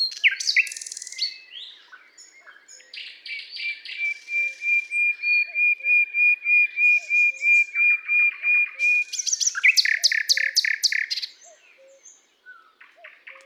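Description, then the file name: Common nightingale delivering a long, even series of repeated whistled notes, then a loud rapid volley; faint low notes sound in the background. "Luscinia megarhynchos"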